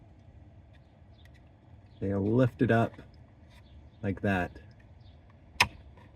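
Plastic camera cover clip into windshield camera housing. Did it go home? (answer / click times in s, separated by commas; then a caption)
yes / 5.6 s. Someone talks while a plastic camera cover is pressed back onto a Cybertruck's windshield camera housing after its plastic tabs were lifted. A sharp, loud click rings out at 5.6 s as the cover clip seats in place.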